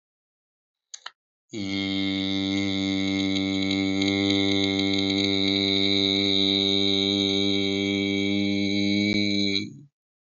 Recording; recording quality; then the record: sustained vowel as in beet; excellent, no background noise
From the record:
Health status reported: healthy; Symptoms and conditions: hypertension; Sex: male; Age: 62 years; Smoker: not ticked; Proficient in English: yes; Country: India